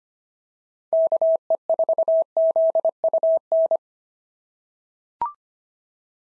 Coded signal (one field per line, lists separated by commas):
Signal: Morse code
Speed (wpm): 25 wpm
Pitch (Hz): 650 Hz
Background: none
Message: KE4ZUN